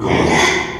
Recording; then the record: squeal of a Yucatan mini pig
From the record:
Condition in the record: after surgery on the right vocal fold (resection and tissue-engineered implant); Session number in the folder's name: 3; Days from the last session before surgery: 33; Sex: male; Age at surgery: 12 weeks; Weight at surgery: 13 kg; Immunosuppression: cyclosporine, prednisolone